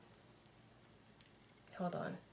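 A lipstick refill bullet is handled and pushed toward its reusable lipstick case, with faint small ticks and a louder burst of handling noise near the end while someone talks briefly. The clip stops before the part goes home, so nothing has clicked or seated yet.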